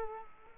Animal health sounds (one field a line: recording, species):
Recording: mosquito wingbeat signal from an infrared sensor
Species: Culex quinquefasciatus